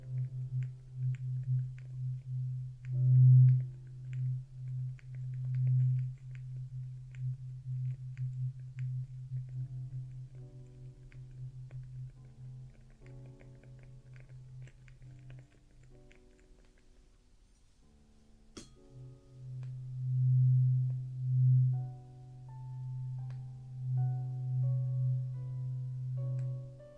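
Traditional Chinese ear cleaning, dominated by a steady low droning hum that swells in soft pulses. The hum drops out around sixteen seconds, leaving a quiet gap with a sharp tick, then returns. Faint scratchy clicks and brief higher tones sit above it.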